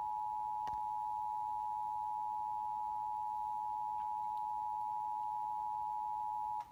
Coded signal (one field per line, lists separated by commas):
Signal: Emergency Alert System (SAME) tones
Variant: 853 and 960 Hz attention tone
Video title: Maryland April 2022/Virginia May 2022 RMTs(EAS 2,578-2,579)